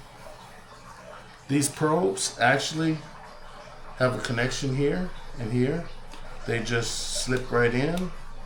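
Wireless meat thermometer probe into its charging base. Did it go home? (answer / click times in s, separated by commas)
no / none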